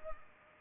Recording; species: mosquito wingbeat signal from an infrared sensor; Culex pipiens